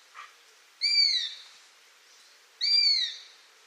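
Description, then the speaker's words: Eurasian Sparrowhawk calling twice, about two seconds apart: each call is a squeaky, high-pitched, slightly falling note of under a second, with faint hiss between. Call that may be heard at this time of year, higher pitched and squeakier in quality than the goshawk's call. "So the sparrowhawk call is higher pitched, definitely has a sort of squeakier quality to it than the goshawk call."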